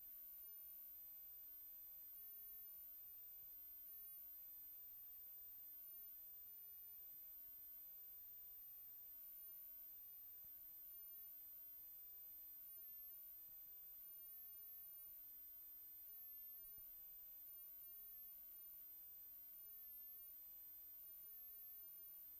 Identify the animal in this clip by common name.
Common Nightingale